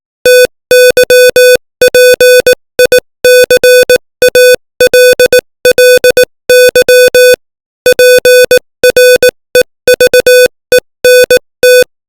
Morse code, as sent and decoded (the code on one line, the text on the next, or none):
- -.-- .--. .. -.-. .- .-.. .-.. -.-- / .--. .-. . ...- . -. -
TYPICALLY PREVENT